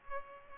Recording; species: mosquito wingbeat signal from an infrared sensor; Culex pipiens